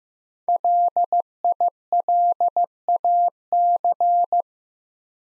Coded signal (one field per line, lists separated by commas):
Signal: Morse code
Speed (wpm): 15 wpm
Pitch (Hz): 700 Hz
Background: none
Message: LILAC